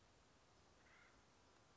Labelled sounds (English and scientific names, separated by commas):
Acorn Woodpecker (Melanerpes formicivorus)